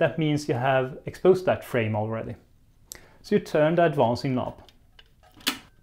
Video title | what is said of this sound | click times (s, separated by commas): Zeiss Ikoflex - The Other German TLR Camera | you hear a little click and the window is now red ready to fire | 5.0 s